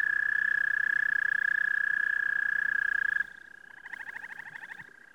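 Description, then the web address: Frog trilling, a loud, steady, rapidly pulsed tone held for about three seconds, then softer pulsed notes continue. "лягушки"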